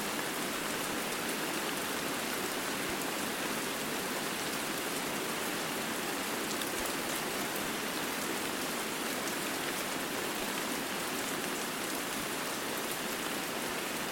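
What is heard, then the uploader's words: Steady rain falls in the woods as a dense, even hiss, bright and unbroken, with faint tiny drop ticks scattered throughout. Rain Sounds In The Woods White Noise.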